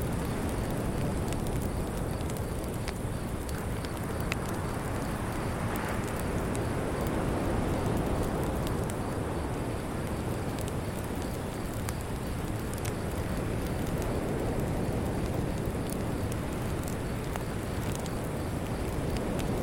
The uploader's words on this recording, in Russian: Костер на пляже и Хор Цикад | Уютная Ночная Атмосфера. Погрузитесь в успокаивающую серенаду ночи на Ко Яо Ной. Нежное шептание Андаманского моря смешивается с тихим треском костра на пляже. Местные цикады острова напевают колыбельную.